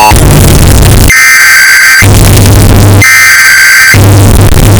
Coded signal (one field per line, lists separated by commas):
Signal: Emergency Alert System (SAME) tones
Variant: header bursts